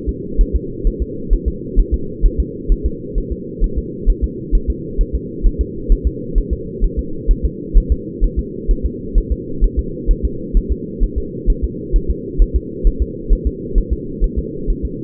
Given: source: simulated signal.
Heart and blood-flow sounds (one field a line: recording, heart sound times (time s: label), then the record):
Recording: fetal heart sounds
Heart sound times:
0.09 s: S2
0.41 s: S1
0.56 s: S2
0.87 s: S1
1.02 s: S2
1.33 s: S1
1.48 s: S2
1.79 s: S1
1.94 s: S2
2.26 s: S1
2.40 s: S2
2.72 s: S1
2.86 s: S2
3.18 s: S1
3.32 s: S2
3.64 s: S1
3.78 s: S2
4.09 s: S1
4.24 s: S2
4.55 s: S1
4.70 s: S2
5.01 s: S1
5.15 s: S2
5.46 s: S1
5.61 s: S2
5.92 s: S1
6.07 s: S2
6.38 s: S1
6.53 s: S2
6.84 s: S1
6.99 s: S2
7.31 s: S1
7.45 s: S2
7.77 s: S1
7.92 s: S2
8.24 s: S1
8.39 s: S2
8.71 s: S1
8.86 s: S2
9.18 s: S1
9.32 s: S2
9.64 s: S1
9.79 s: S2
10.11 s: S1
10.25 s: S2
10.57 s: S1
10.72 s: S2
11.03 s: S1
11.18 s: S2
11.50 s: S1
11.64 s: S2
11.96 s: S1
12.10 s: S2
12.42 s: S1
12.56 s: S2
12.87 s: S1
13.02 s: S2
13.32 s: S1
13.47 s: S2
13.78 s: S1
13.93 s: S2
14.24 s: S1
14.39 s: S2
14.70 s: S1
14.85 s: S2
From the record:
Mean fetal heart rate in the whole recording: 130 bpm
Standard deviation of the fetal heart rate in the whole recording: 2 bpm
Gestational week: 38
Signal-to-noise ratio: -4.3 dB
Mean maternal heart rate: 72 bpm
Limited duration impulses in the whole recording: absent